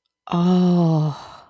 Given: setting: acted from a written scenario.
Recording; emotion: vocal sound without words; ecstasy